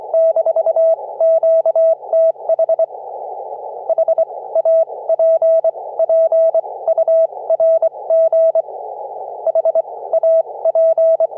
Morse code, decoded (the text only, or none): - QTH HAPPURG HAP